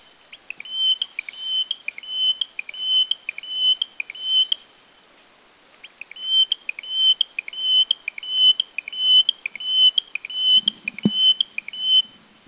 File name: Taiwan Bush Warbler